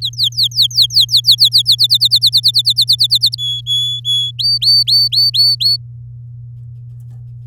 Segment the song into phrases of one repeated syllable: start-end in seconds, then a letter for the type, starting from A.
0.02-1.49 A, 1.51-3.36 B, 3.38-4.31 C, 4.39-5.77 D